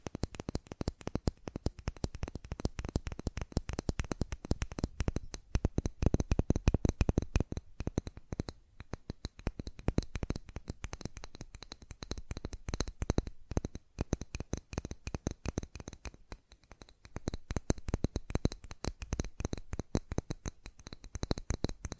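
Fast tapping goes on without pause, a dense stream of sharp, quick clicks that blur into a continuous clatter. The rhythm is irregular, with brief thinner patches around eight and fourteen seconds before the busy tapping picks up again.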